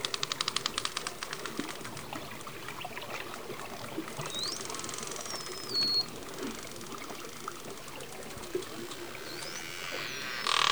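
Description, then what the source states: Dolphin clicks in rapid trains at the start, then a few thin gliding whistles over steady hiss and crackle. Dolphins recorded underwater, communicating.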